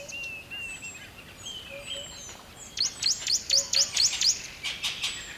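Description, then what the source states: Bird song over steady rushing water: soft whistled notes at first, then a fast series of sharp, high descending chips, about seven in under two seconds. River at dawn.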